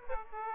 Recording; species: mosquito wingbeat signal from an infrared sensor; Aedes aegypti